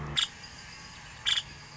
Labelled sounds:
Nuttall's Woodpecker (Dryobates nuttallii)

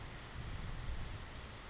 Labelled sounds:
California Towhee (Melozone crissalis)

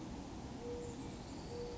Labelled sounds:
Mourning Dove (Zenaida macroura)

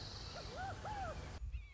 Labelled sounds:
Red-shouldered Hawk (Buteo lineatus)

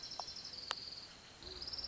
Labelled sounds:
Orange-crowned Warbler (Leiothlypis celata)

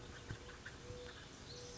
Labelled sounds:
Mourning Dove (Zenaida macroura)

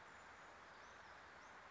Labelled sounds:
Brown Creeper (Certhia americana)

